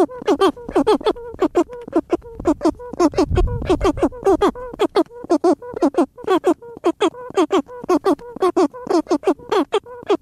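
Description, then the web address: Cory's shearwater mating calls, steady chain of harsh, throaty, crowing wails pulsing rapidly throughout, with a short low-pitched rumble near the middle. Vocalizations during mating, in the breeding season. "aves-marinhas cagarro Vocalizacoes Cagarros Acasalamento"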